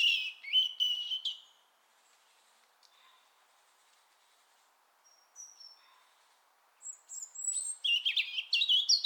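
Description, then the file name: European robin delivering a warbling phrase, falling quiet with faint thin notes, then launching a longer run of high, liquid whistles and trills. "Erithacus rubecula"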